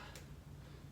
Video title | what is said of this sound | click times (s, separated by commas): Sunlighten mPulse: Sauna install 3 (connecting side walls to back wall + Wiring) | you're going to hear them snap in it's | 0.2 s